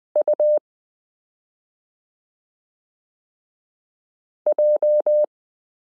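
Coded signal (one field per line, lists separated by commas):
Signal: Morse code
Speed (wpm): 20 wpm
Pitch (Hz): 600 Hz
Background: none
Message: UJ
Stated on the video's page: Koch-method listening lesson 15 introducing the letter e, drilling characters s u a p t l o w i period n j e.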